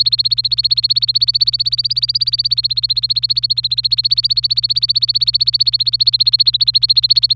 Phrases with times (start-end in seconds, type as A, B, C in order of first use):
0.00-7.33 A